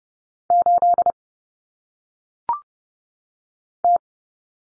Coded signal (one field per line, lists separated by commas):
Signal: Morse code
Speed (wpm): 30 wpm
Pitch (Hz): 700 Hz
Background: none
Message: 8 T